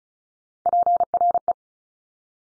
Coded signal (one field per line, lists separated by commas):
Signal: Morse code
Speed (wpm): 36 wpm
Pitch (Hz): 700 Hz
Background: none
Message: PRE